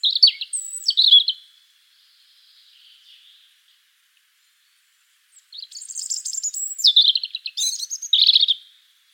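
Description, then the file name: European robin song: short whistled and warbled phrase, a long pause, then a richer phrase mixing very high thin notes and descending trills. "Erithacus rubecula"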